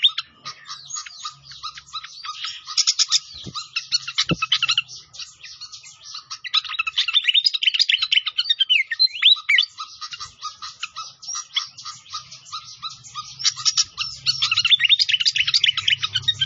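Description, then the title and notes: Pied fantail song in long chattering bursts of clicks and squeaky twitters, pausing and resuming, with a faint low rumble beneath. Masteran training recording of clear-voiced singing, mixed with the sound of flowing water. "Masteran Sikatan Kipas Suara Jernih Dan Suara Gemericik Air. Suara Burung Sikatan Londo"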